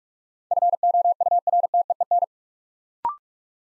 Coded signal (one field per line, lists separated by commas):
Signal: Morse code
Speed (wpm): 44 wpm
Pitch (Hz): 700 Hz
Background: none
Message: FOURTEEN